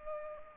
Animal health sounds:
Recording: mosquito wingbeat signal from an infrared sensor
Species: Culex pipiens

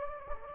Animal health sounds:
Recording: mosquito wingbeat signal from an infrared sensor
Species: Anopheles gambiae

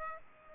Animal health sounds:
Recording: mosquito wingbeat signal from an infrared sensor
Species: Aedes aegypti

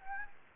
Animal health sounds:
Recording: mosquito wingbeat signal from an infrared sensor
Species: Anopheles gambiae

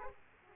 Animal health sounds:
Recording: mosquito wingbeat signal from an infrared sensor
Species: Aedes aegypti

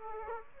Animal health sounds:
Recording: mosquito wingbeat signal from an infrared sensor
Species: Aedes aegypti

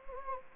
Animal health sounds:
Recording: mosquito wingbeat signal from an infrared sensor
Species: Anopheles gambiae

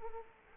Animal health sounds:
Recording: mosquito wingbeat signal from an infrared sensor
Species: Culex quinquefasciatus

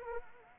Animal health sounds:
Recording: mosquito wingbeat signal from an infrared sensor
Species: Anopheles arabiensis

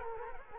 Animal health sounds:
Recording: mosquito wingbeat signal from an infrared sensor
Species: Culex quinquefasciatus

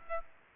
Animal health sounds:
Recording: mosquito wingbeat signal from an infrared sensor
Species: Aedes aegypti

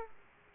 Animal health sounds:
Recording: mosquito wingbeat signal from an infrared sensor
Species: Aedes aegypti

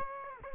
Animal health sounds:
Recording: mosquito wingbeat signal from an infrared sensor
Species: Aedes aegypti

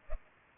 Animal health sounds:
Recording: mosquito wingbeat signal from an infrared sensor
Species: Culex pipiens

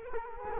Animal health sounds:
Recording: mosquito wingbeat signal from an infrared sensor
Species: Culex quinquefasciatus

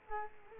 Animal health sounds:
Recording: mosquito wingbeat signal from an infrared sensor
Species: Culex quinquefasciatus

